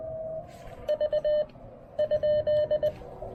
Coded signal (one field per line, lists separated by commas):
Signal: Morse code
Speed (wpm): 20 wpm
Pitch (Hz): 1800 Hz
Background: none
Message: V ?